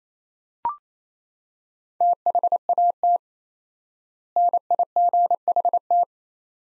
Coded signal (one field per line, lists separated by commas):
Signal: Morse code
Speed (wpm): 28 wpm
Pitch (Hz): 700 Hz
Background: none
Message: THAT NIGHT